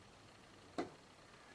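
The first memory stick is fed into a RAM slot of a 2011 iMac and pushed in. A single sharp click sounds at 0.8 s, strongest in the low-mid range and fading within about a tenth of a second, over a quiet background. The module is seated in the slot.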